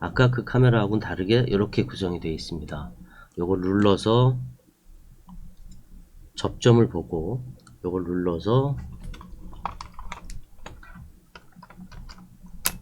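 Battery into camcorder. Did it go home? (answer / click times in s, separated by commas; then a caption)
yes / 12.7 s. A battery is pushed into a camcorder after a release button is pressed, while someone talks. Several small clicks and handling sounds follow, and a sharp click at 12.7 s marks the battery seating in place.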